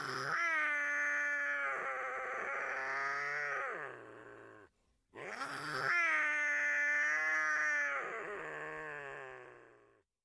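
Big cat giving two long, drawn-out moaning calls, rich and tonal with a slight waver, separated by a brief pause.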